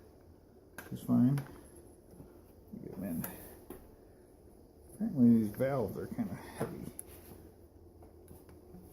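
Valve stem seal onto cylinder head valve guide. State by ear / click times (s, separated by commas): not seated / none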